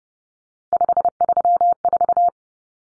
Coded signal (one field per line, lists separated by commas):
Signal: Morse code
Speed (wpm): 30 wpm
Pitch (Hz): 700 Hz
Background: none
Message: 534